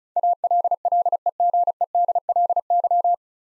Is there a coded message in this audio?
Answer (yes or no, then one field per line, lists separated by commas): yes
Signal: Morse code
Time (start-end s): 0.2-3.1 s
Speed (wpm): 34 wpm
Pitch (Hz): 700 Hz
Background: none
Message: ALLEGEDLY